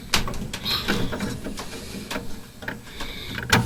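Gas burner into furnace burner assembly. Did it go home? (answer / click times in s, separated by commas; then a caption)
no / none. A gas burner is handled and pressed down into its mount in the furnace burner assembly while the furnace is being put back together after a flame sensor change on a furnace that won't stay lit. Scraping, rattling and knocking handling sounds are heard, with sharper knocks near 0.1 s, 0.9 s and 3.5 s. Nothing has seated or clicked yet.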